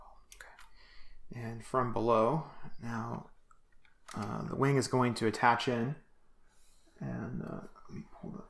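A plastic LEGO brick section, noticed to be loosely connected, is pressed down onto the main model frame to cinch it tight, giving two sharp clicks at 0.3 and 0.4 s as the bricks seat home. Someone then talks.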